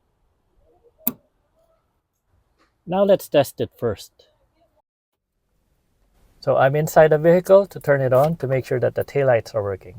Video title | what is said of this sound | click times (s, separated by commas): How to: Mazda 3 Replace inner Tail light Housing (2010 Mazda3 Hatch BL Driver Tailight) | you should hear a snap when it locks in place | 1.1 s